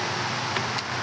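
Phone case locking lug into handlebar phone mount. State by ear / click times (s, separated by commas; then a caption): not seated / none. A phone in its plastic locking case is handled against a bike handlebar phone mount, set at 45 degrees before being twisted to lock. Over a steady broadband hum, a short sharp tick is heard at 0.6 s and a fainter one near 0.8 s. Nothing has seated or clicked into place yet.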